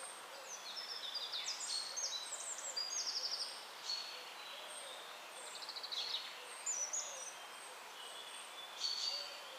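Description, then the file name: Eurasian wren, high-pitched rapid ticking notes and short trills in bursts over a steady background hiss. "Troglodytes troglodytes"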